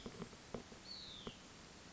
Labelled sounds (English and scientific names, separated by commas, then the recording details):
Hutton's Vireo (Vireo huttoni)
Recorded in Sonoma County, California